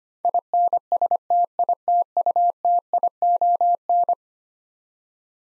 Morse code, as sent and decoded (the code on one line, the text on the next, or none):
.. -. ... - .. - ..- - .. --- -.
INSTITUTION